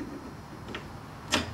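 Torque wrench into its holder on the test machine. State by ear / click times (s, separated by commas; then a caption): seated / 0.7 s, 1.3 s. A torque wrench is reattached to its holder on a lubricity test machine and snaps into place. Two short clicks are heard at 0.7 s and 1.3 s, the second louder, over a quiet background, and the wrench is seated.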